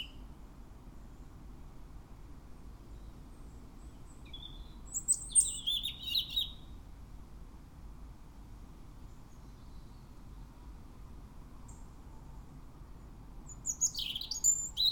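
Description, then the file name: European robin song: two short bursts of high, thin warbling notes, one near the middle and one at the end, over a steady low background hum. "Erithacus rubecula"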